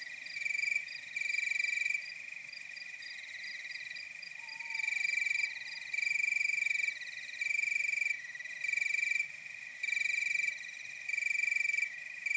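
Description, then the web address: Crickets chirping: pulsed trills about a second long repeat steadily over a fine, high continuous pulsing insect sound. Nocturnal wasteland at night. "Nature Chill Out 2014. Toads, Nighthawks and Crickets"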